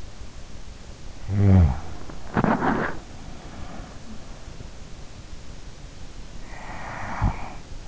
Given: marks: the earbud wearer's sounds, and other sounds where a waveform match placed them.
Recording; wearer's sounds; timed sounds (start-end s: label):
sounds in sleep by an in-ear microphone; snoring breath, teeth grinding, breath
1.13-2.19 s: snoring breath
2.30-3.21 s: teeth grinding
3.56-4.34 s: breath
6.13-7.88 s: snoring breath